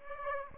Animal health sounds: mosquito wingbeat signal from an infrared sensor; Aedes aegypti

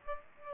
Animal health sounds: mosquito wingbeat signal from an infrared sensor; Aedes aegypti

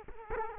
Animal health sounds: mosquito wingbeat signal from an infrared sensor; Culex quinquefasciatus

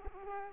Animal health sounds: mosquito wingbeat signal from an infrared sensor; Culex quinquefasciatus

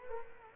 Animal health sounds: mosquito wingbeat signal from an infrared sensor; Culex quinquefasciatus

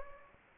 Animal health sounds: mosquito wingbeat signal from an infrared sensor; Anopheles gambiae

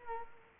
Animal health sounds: mosquito wingbeat signal from an infrared sensor; Culex quinquefasciatus

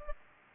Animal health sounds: mosquito wingbeat signal from an infrared sensor; Aedes aegypti

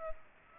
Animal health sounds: mosquito wingbeat signal from an infrared sensor; Aedes aegypti

